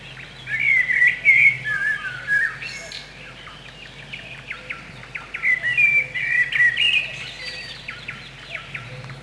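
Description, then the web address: Common blackbird singing two mellow, fluted warbled phrases, each ending in higher squeaky twittering, separated by a pause; steady low hum underneath. Spring. "vremena vesna 02 drozd chjorni"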